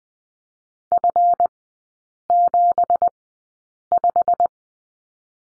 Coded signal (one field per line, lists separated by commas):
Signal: Morse code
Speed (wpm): 19 wpm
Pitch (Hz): 700 Hz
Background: none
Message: F75